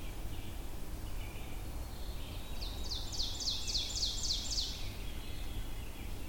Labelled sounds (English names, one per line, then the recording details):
Ovenbird song
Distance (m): 60 m
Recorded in boreal forest in Alberta, Canada, on 22 June 2016 at 06:41
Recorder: SongMeter 3, array SBT-6-76
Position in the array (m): 165 m, 136 m
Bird 3